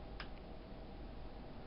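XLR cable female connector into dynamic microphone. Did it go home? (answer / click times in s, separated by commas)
yes / 0.2 s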